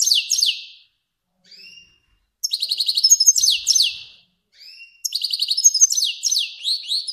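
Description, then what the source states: Finch repeating phrases of rapid trills and descending sweeps, with short soft whistled notes filling the gaps between phrases. Kermani finch.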